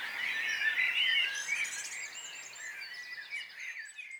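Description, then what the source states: Birds singing together, a loud warbling burst at first that thins into scattered quieter twitters and trills near the end. Morning mood at Nonnenhorn, 10 May 2009, 04:24; birdsong and twittering.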